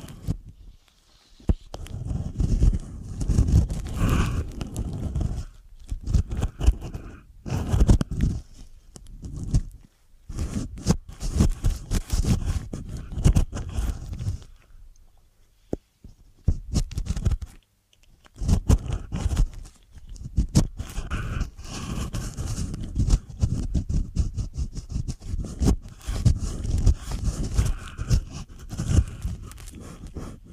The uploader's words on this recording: ASMR INNER EAR CLEANING STRESS RELIEF.